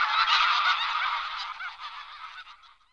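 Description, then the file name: Greylag goose honks: a dense burst of harsh, nasal calling that gradually fades out over three seconds. "Husa velka Anser anser"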